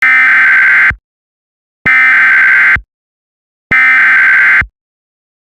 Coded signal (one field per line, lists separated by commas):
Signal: Emergency Alert System (SAME) tones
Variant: header bursts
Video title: Eas mock| delco EVI